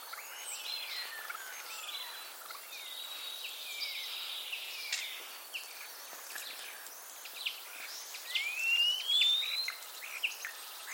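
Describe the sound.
Common starling song with drawn-out slurred whistles, some falling and one rising clearly near the end, among soft clicks and chatter.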